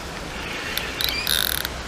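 The drag clutch of a Preston Intensity 720 fixed-spool fishing reel is backed off one click and tested. It gives with a quick series of ratchet clicks at 0.8, 1.0, 1.3, 1.4, 1.5 and 1.7 seconds over a steady hiss, and the setting is judged to need a little more.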